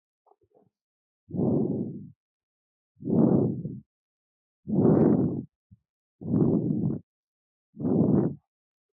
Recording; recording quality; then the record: deep breathing; excellent, no background noise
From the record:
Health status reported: respiratory illness, not identified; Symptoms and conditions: asthma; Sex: male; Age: 25 years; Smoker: not ticked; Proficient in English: yes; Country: India